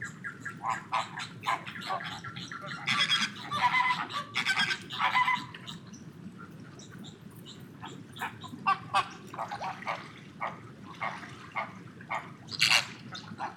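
Flamingos honking, with dense harsh bursts around the third to fifth seconds and scattered calls afterwards, including a loud honk near the end.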